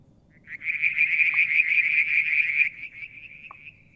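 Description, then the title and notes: A frog gives one loud, rapid pulsed trill lasting about two seconds that tails off softly, over a low rumbling background with two short clicks. Mount Wilson, New South Wales, Australia; July 2022; one evening near a water tank; striped marsh frog, Verreaux's tree frog and an unidentified frog calling. "Frog song, Mount Wilson, New South Wales, Australia in July 2022 – by Alexander Moffatt. Limnodynastes Peronii, Litoria Verreauxii and a mystery frog one evening near the water tank"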